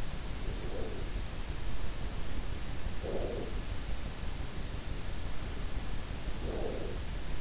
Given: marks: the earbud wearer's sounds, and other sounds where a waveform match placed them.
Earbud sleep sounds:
sounds in sleep by an in-ear microphone; breath
0.30-1.48 s: breath
2.74-3.98 s: breath
5.96-7.41 s: breath

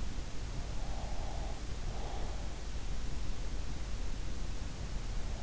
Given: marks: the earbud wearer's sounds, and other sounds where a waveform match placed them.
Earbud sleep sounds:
sounds in sleep by an in-ear microphone; breath
0.66-2.73 s: breath

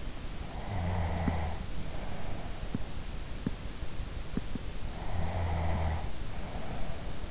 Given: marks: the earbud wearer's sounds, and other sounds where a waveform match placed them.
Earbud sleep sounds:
sounds in sleep by an in-ear microphone; snoring breath
0.51-2.93 s: snoring breath
5.05-7.30 s: snoring breath

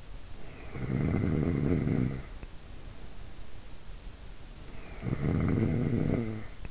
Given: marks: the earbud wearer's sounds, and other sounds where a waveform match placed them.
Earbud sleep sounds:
sounds in sleep by an in-ear microphone; snoring breath
0.60-2.71 s: snoring breath
4.71-6.71 s: snoring breath

